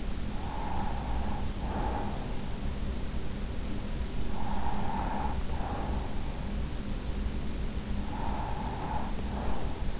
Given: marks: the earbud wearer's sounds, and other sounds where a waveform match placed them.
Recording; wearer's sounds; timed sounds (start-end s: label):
sounds in sleep by an in-ear microphone; breath
0.00-2.82 s: breath
4.22-6.48 s: breath
7.71-9.99 s: breath